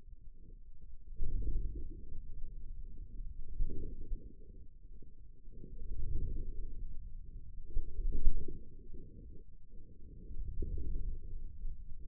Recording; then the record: forearm muscle sounds (acoustic myography)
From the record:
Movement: wrist flexion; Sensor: system 2, bracelet of six BSWA MPA416 microphones around the upper forearm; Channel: 4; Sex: male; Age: 22 years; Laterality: right